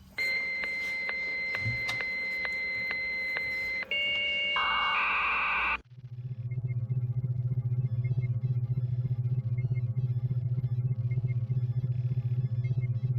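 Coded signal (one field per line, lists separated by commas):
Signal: dial-up modem handshake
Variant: 1200 baud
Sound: steady high tones with regular clicks, then a two-band rushing modem hiss, then a low throb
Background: low pulsing hum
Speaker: To give you an idea of speed, and dial up modem connecting, I've prepared this.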